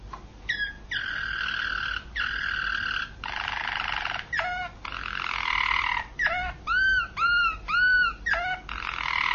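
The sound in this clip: Canary song mixing buzzy trilled phrases with clear, arching whistled notes repeated in quick succession toward the end, over faint background hiss.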